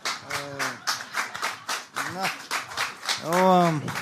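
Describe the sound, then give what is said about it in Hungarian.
A crowd of drunk people claps steadily and densely, with several voices calling out and a loud, drawn-out shout rising near the end over the applause. “A részegek már tapsolnak.”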